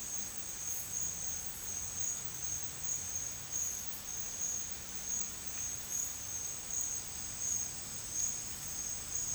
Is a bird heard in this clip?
no